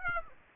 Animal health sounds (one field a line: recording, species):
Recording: mosquito wingbeat signal from an infrared sensor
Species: Aedes aegypti